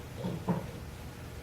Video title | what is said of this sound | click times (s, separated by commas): Sagra Chocolate Fountains - SC Series Fountains | screw them bowl and then you get your bowl locked into place | 0.5 s